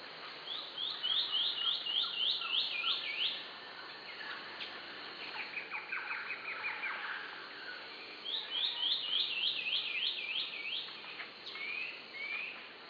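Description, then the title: Southern chestnut-tailed antbird song: a fast series of high, downslurred notes lasting about three seconds, a lower rattling series in between, then the high series repeats. Subspecies pallens. "LuckyPassaro Completos2Sama. Southern Chestnut-tailed Antbird (Myrmeciza hemimelaena pallens)"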